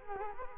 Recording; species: mosquito wingbeat signal from an infrared sensor; Culex quinquefasciatus